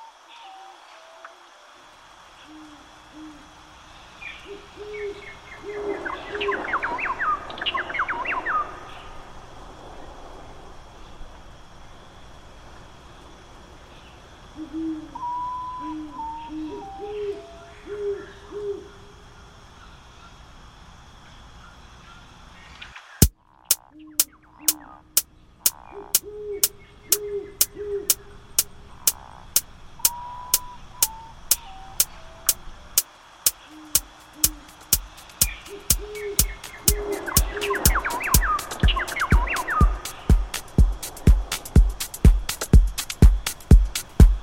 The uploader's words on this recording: A Night In The Jungle by India007.